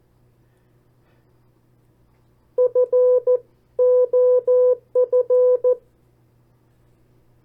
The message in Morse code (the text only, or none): F OF